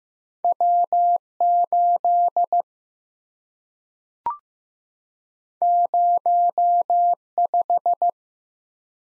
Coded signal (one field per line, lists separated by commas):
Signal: Morse code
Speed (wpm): 15 wpm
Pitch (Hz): 700 Hz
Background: none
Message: W 8 0 5